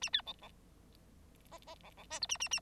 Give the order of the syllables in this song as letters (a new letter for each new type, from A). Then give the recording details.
A B C C D D C C E F A A A. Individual Bird9